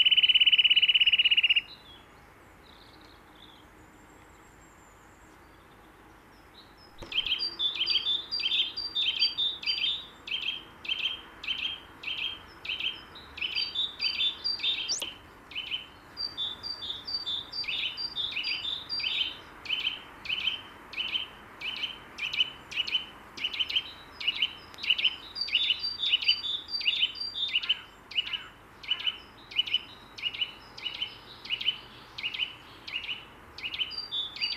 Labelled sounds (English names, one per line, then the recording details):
Eurasian Nuthatch song
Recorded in the wild
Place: Oberstdorf, Bayern, DE
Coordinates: 47.4244, 10.2572
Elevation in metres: 880
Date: 1976-04-04
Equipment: Nagra IV, Sennheiser MKH 405, Parabolreflektor
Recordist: Tretzel, Erwin